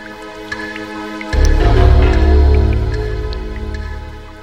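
Electronic synthesizer music with steady, layered sustained tones, joined after about a second by a deep, loud bass swell that slowly fades; no voices.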